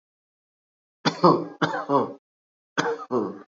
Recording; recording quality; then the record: shallow voluntary cough; excellent, no background noise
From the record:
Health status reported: exposed to COVID-19, no respiratory illness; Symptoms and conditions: cold, sore throat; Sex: male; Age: 33 years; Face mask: not worn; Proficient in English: yes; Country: India